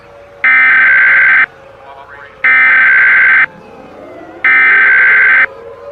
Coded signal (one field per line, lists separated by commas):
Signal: Emergency Alert System (SAME) tones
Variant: header bursts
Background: speech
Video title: Mini EAS scenario: Hypnotic Fireworks